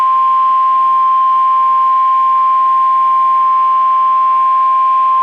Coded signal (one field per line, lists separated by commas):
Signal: Emergency Alert System (SAME) tones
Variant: 1050 Hz attention tone